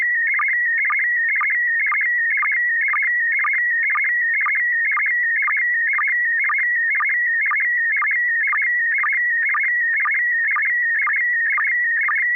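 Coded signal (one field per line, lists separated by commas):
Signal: SSTV (slow-scan television)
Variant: PD120 mode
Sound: warbling, buzzy tone shifting in pitch, with rhythmic low blips about twice a second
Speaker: Uh, yeah, I believe I'm ready. Uh, and I have a picture. PD120. >> Go right ahead.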